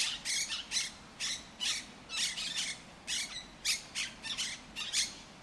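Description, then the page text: Monk parakeet screeches, harsh and raspy, delivered in irregular bursts with brief pauses between groups of calls. El Retiro park, Madrid; Madrid has Europe's largest monk parakeet population. "Cities and Memory - remixing the world. Monk parakeets in Madrid. Madrid has the greatest population of Monk Parakeets in Europe, many of whom can be seen and heard in the El Retiro park"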